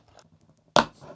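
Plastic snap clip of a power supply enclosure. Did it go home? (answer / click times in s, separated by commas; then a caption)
released / 0.8 s. A cheap plastic power supply enclosure, held together only by clips, is pried open. After faint low handling noise, one plastic snap clip lets go with a single sharp, loud snap at 0.8 s, followed by a brief rattling tail. The clip releases and the case pops open.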